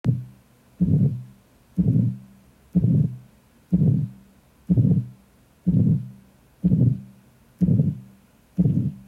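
Adult heart heard through a stethoscope: a regular heartbeat at about 62 per minute, with a murmur of aortic stenosis following each beat.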